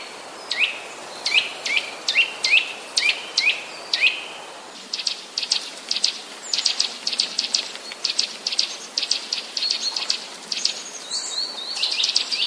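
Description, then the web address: Eurasian nuthatch song: a series of downward-sliding whistled notes at a brisk, even pace, then a run of fast high clicking notes. "wroblowe kolekcja kowalik"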